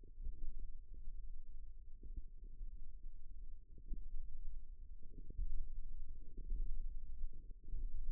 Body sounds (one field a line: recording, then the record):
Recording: forearm muscle sounds (acoustic myography)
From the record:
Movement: tripod grip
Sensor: system 1, eight BSWA MPA416 microphones around the upper forearm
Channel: 8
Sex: female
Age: 20 years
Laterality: right